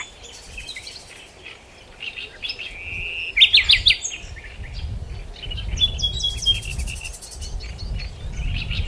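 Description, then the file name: Common nightingale song, a loud burst of sharp notes near the middle amid softer chirps and trills, with low rumbling background noise. "Luscinia megarhynchos"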